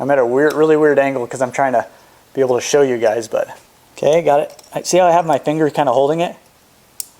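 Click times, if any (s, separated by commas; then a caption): 7.0 s. During a GY6 150cc to 171cc big bore kit install, a steel G-clip (wrist pin circlip) is pushed by hand into its groove in the aluminium piston while a finger holds it in place. Someone talks for most of the clip, then a short, sharp click at 7.0 s marks the clip snapping into the groove and seating.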